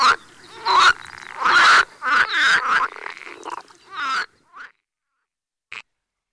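Pool frog calls: several loud, harsh buzzing croaks in quick succession, then a faint short croak, a gap and a last brief faint note.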